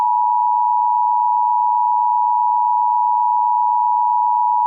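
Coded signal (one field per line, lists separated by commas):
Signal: Emergency Alert System (SAME) tones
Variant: 853 and 960 Hz attention tone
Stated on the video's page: Reenactment mock of a hacked Local Area Emergency alert, using valid alert tones.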